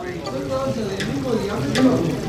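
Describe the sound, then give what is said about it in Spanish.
Food sizzles and bubbles in hot oil in a small, crowded place, a steady frying hiss broken by a couple of sharper crackling pops, with murmuring voices running underneath. “Como un silbido viene una fritura, un burbujeo.”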